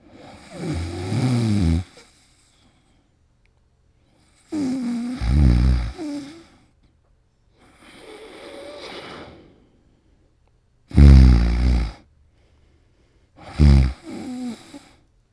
Male snores various snores close up.